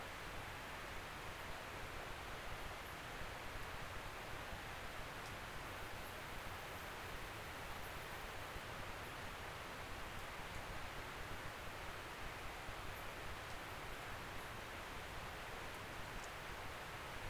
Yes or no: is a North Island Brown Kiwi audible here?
no